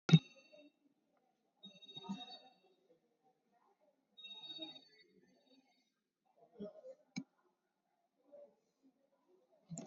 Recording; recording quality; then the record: deep breathing; poor, much background noise or distortion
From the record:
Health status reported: COVID-19 positive, moderate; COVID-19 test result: positive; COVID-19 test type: RT-PCR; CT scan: taken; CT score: 9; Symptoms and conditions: cough, cold, fever, muscle pain, loss of smell and taste, diarrhoea, hypertension, diabetes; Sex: female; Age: 57 years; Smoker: no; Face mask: worn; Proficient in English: no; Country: India